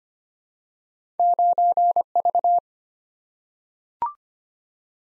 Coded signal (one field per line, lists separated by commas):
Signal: Morse code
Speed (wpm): 25 wpm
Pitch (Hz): 700 Hz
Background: none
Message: 9V